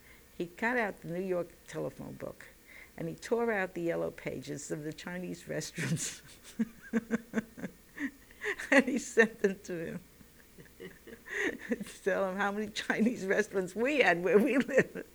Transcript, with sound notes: He got out the New York telephone book, and he tore out the yellow pages of the Chinese restaurants, and he sent them to him. [They laugh] To show how many Chinese restaurants we had where we lived.